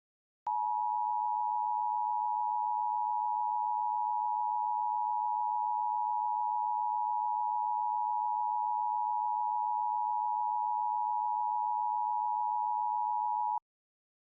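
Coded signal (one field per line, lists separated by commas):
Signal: Emergency Alert System (SAME) tones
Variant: 853 and 960 Hz attention tone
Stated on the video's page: Fictional EAS scenario alert set in New Jersey, not a real broadcast.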